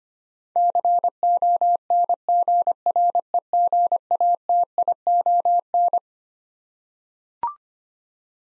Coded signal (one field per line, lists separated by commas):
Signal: Morse code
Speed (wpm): 25 wpm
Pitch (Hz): 700 Hz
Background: none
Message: CONGREGATION